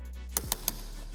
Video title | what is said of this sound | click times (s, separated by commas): Honda Civic e:HEV Handover - Yeomans Honda | and you will hear like a ratcheting system so you can't over tighten it and you'll hear that just click click click | 0.4 s, 0.5 s, 0.7 s